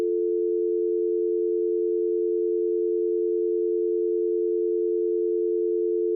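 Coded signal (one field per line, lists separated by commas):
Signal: telephone call progress tone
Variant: North America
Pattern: dial tone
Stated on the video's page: American standard dial tone per the North American Precise Tone Plan: 350 and 440 Hz together, continuous, 30 seconds; a sound-effect recreation.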